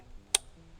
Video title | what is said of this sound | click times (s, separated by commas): Derya DY12Y Shotgun - Review (Part 1) | Hear that snap? | 0.4 s